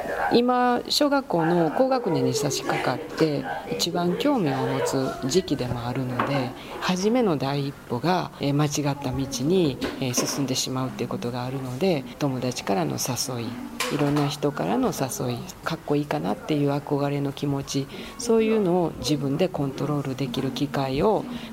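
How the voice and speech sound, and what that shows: An adult woman, a primary school principal, speaks fluent, clear Japanese at a steady pace with brief pauses, showing ordinary speech.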